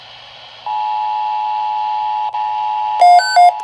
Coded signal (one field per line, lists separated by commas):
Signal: Emergency Alert System (SAME) tones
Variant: 853 and 960 Hz attention tone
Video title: EAS#123 Tornado Watch